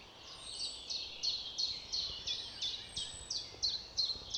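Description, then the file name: Eurasian wren call series: sharp, dry ticking notes repeated steadily about three times a second throughout, over a low rumbling background. "Troglodytes troglodytes"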